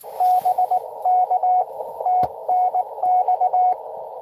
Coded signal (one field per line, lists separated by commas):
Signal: Morse code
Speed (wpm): 22 wpm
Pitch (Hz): 700 Hz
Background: radio noise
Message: BK TNX